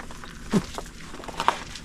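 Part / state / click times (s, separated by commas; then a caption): lock or latch on a lechon roasting rig / seated / 1.5 s. A lock or latch on a lechon roasting rig is pushed until it catches. Soft taps and a dull thump near 0.6 s lead up to a sharp, loud hit at 1.5 s. The latch locks in place.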